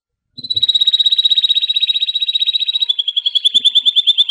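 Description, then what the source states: Canary song: a long, rapid trill of rolled notes, shifting to a slightly lower, slower pulsed trill partway through, with faint low clicks at the start. Canary song of the Paduan, American Singer and Timbrado types.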